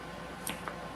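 A quick-set crimp tool is pushed into a shotgun shell casing held in the loader to set the crimp. Two short, sharp clicks are heard at 0.5 s and 0.7 s over a steady background hiss. The tool seats and sets the crimp.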